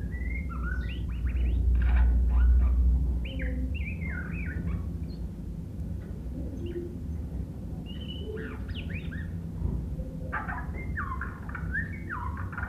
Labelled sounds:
White-rumped Shama song

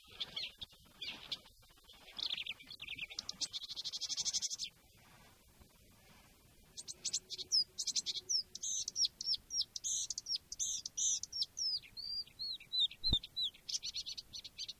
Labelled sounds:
Marsh Warbler

